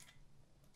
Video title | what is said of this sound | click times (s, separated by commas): How To Oil Your Valves | once it's in we're gonna click into place just like | 0.0 s